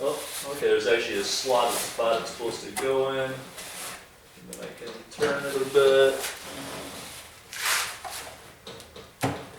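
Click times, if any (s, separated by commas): 9.2 s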